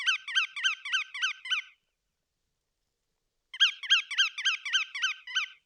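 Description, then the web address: Bar-tailed godwit calls: two bursts of about seven quick, nasal, slurred notes repeated about four per second, separated by a pause of nearly two seconds. "Bar tailed Godwit. صدای-گیلانشاه-حنایی"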